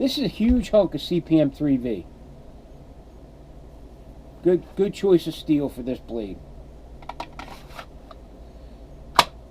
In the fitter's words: Get a click.